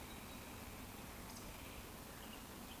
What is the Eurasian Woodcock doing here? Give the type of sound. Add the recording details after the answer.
whistle. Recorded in Baden-Württemberg, Germany, on 13 June 2020 at 19:36 UTC. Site 14569, 102 m above sea level